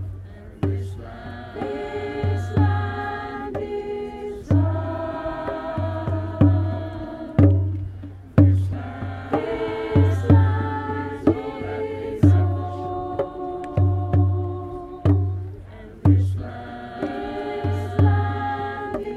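Music from the Stonehenge solstice: a deep, thudding drum-like pulse repeats about once a second under layered sustained tones that shift pitch every few seconds. Sharp bright strikes cut in regularly, and the loudness swells and drops back in short, repeating phrases.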